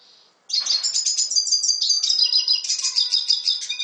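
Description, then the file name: Red siskin delivers a sustained, rapid, high twittering warble after a faint opening note, running continuously to the end. "Canto del Cardenalito"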